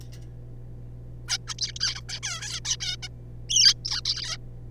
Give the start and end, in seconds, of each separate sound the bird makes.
1.28-1.38, 1.47-1.54, 1.58-1.73, 1.73-1.75, 1.76-1.79, 1.80-2.01, 2.09-2.20, 2.23-2.60, 2.65-2.76, 2.80-2.96, 3.03-3.08, 3.50-3.74, 3.85-4.01, 4.05-4.37